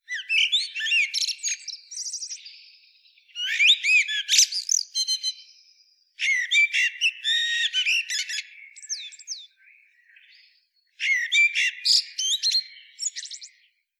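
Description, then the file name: Eurasian blackbird singing a run of lively phrases, fluty warbles broken by fast, high twittering and scratchy flourishes, separated by brief pauses. "Turdus merula"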